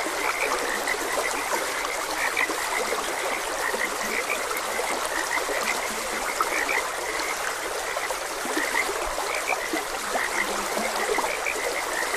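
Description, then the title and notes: A steady frog chorus of many short croaks blends with gently flowing water throughout. Frogs croaking beside a gentle stream. "Gentle Stream and Frogs Croaking. Sleep and Relaxation Podcast"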